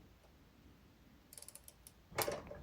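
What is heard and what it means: A torque wrench set to 13 foot-pounds tightens a front brake caliper fastener on a Honda VTX 1800 motorcycle. A quick series of light ratchet clicks runs from about 1.3 to 1.6 seconds, followed by the louder break-over click at 2.2 seconds, confirming the bolt has reached its torque setting.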